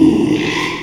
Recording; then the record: squeal of a Yucatan mini pig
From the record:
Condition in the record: after surgery on the right vocal fold (resection and tissue-engineered implant); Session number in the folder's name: 1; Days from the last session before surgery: 6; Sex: male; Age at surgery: 12 weeks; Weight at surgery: 13 kg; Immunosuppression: cyclosporine, prednisolone